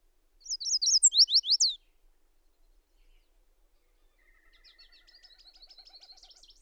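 Bird song: a loud burst of high, rapid looping whistled notes lasting about a second, followed by quieter buzzy trills and a faint steady tone.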